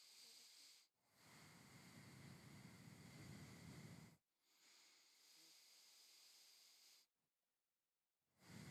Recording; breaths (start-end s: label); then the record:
nose breathing near a microphone
0.00-0.89 s: inhalation
0.89-4.19 s: exhalation
4.19-7.14 s: inhalation
8.14-8.71 s: exhalation
From the record:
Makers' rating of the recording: medium